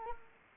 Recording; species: mosquito wingbeat signal from an infrared sensor; Anopheles arabiensis